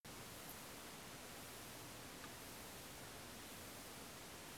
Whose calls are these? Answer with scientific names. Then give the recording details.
none. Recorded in France